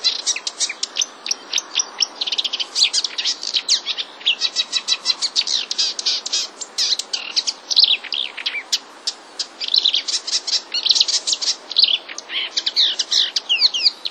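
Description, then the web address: Marsh warbler song, a fast, unbroken jumble of high chirps, trills and sharp sparrow-like notes, packed densely and continuing for the whole stretch. Marsh warbler song containing borrowed sparrow-like calls (mimicry). "wroblowe zapozyczenia lozowka"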